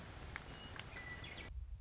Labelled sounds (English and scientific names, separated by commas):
Western Meadowlark (Sturnella neglecta)